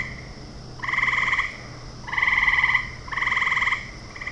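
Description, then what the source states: Frog croaks: three rasping pulsed bursts, each well under a second long, about a second apart, and the start of a fourth, with a low steady hum behind. Frogs recorded in a ravine at night.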